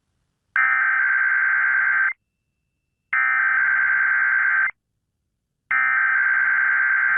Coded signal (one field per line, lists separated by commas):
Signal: Emergency Alert System (SAME) tones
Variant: header bursts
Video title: KDKA Required Weekly Test (June 5, 2022) (EAS #520)